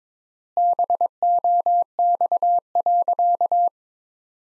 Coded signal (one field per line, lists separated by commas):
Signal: Morse code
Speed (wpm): 22 wpm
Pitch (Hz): 700 Hz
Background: none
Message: BOX.